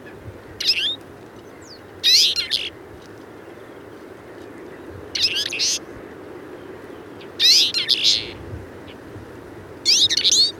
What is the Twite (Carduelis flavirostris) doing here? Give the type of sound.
song